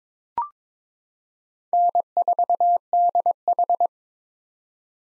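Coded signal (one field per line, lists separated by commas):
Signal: Morse code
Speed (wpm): 22 wpm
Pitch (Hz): 700 Hz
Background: none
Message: N4DH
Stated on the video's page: Morse drill at 22 wpm for head-copying common POTA hunter callsigns, each sent, spoken, then sent again.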